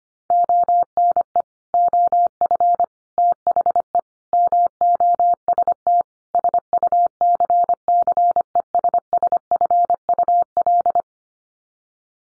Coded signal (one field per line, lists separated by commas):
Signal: Morse code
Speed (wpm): 25 wpm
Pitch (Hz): 700 Hz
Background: none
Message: ONE OF THE MOST SUCCESSFUL